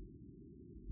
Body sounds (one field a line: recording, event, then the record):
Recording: neck accelerometer signal played as sound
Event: no cough (speech, laughter, throat clearing or background)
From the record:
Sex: female